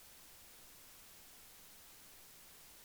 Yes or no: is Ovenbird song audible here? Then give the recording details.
no. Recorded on 1 June 2016 at 11:51. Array SBT-3-7